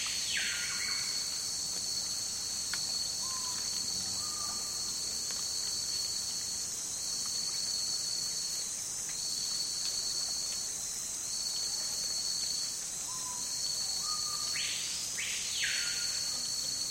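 A hot afternoon in the Amazon rainforest, filled with a steady, high, shrill buzz of insects that never lets up. Bird calls break in now and then, with sweeping notes near the start and again around fifteen seconds, plus a few brief chirps between.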